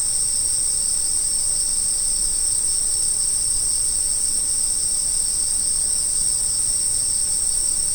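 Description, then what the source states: Insect chorus, a steady shrill high-pitched ringing drone holding without pause throughout, with a low rumble underneath. Autumn insect sounds.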